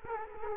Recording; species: mosquito wingbeat signal from an infrared sensor; Culex quinquefasciatus